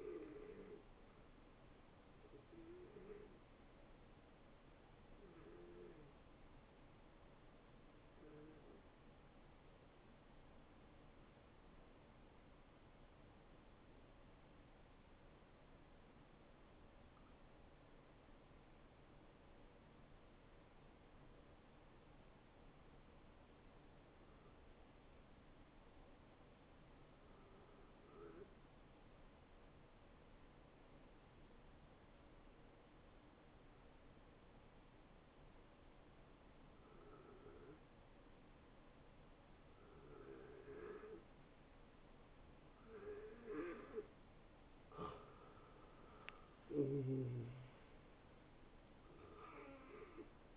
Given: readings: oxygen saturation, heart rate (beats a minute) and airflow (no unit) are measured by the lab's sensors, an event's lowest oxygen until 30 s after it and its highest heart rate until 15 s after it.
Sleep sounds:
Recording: breathing in sleep by a voice recorder at the bedside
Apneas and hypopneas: 1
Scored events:
2.00-32.00 s: new sleep stage, N1 (lightest sleep)
10.00-44.50 s: hypopnea (N1, oxygen 94% highest, then 81% lowest, heart rate 69 at the start, 76 highest)
32.00-50.57 s: new sleep stage, N2 (light sleep)
From the record:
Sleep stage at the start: N2 (light sleep)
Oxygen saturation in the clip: 83 to 94%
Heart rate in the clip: 63 to 76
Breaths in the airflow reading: 10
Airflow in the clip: -17.7 to 8.8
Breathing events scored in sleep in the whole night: 263 in 5.5 hours asleep

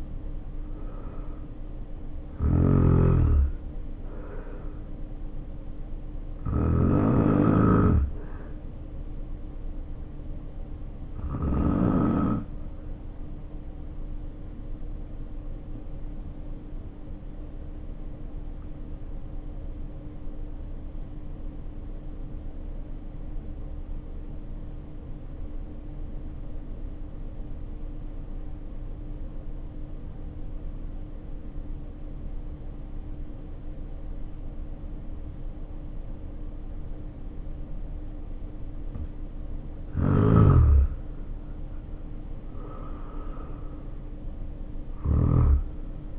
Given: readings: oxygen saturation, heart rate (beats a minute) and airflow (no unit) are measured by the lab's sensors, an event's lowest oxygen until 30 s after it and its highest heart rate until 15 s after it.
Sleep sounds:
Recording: breathing in sleep by a smartphone at the bedside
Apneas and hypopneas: 1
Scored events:
19.00-41.30 s: obstructive apnea (N2, oxygen 95% highest, then 78% lowest, heart rate 53 at the start, 72 highest)
From the record:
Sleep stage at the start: N2 (light sleep)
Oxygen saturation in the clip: 77 to 95%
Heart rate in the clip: 51 to 72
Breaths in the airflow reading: 6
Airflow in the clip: -6.6 to 5.7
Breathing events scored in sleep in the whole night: 520 in 7.2 hours asleep

